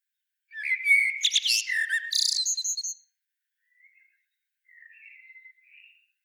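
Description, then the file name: Common blackbird giving one loud, squeaky twittering phrase, then a few faint, thin whistled notes after a pause; nothing else heard. "Turdus merula"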